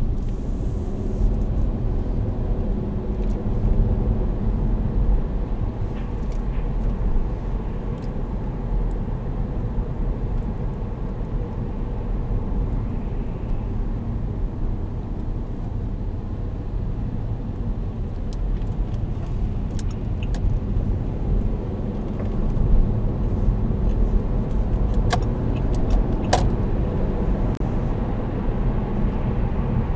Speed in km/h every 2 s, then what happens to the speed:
24, 34, 43, 46, 45, 44, 41, 34, 33, 30, 33, 42, 50, 60, 64.
0-5 speeds up to 46. 5-11 steady at about 45. 11-19 slows to 30. 19-30 speeds up to 64.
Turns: none.